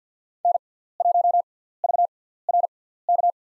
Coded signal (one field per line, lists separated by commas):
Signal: Morse code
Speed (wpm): 47 wpm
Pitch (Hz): 700 Hz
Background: none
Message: N1VRK